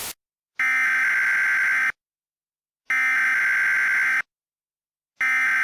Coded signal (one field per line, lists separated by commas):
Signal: Emergency Alert System (SAME) tones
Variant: header bursts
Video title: EAS Mock 17: The October War